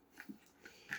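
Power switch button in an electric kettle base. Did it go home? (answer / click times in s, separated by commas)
no / none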